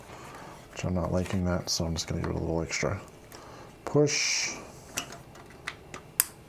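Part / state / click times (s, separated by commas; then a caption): CPU cooler push pin into motherboard mounting hole / seated / 6.2 s. Someone talks about a CPU cooler push pin that is sticking out of its motherboard mounting hole, then gives it an extra push. After a few small taps and clicks, a sharp, loud click at 6.2 s marks the push pin clicking home and seating.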